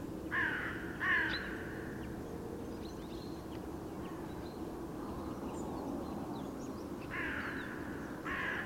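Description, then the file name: Carrion crow, a pair of grating caws at the start and two more near the end, separated by a lull. "Corvus corone"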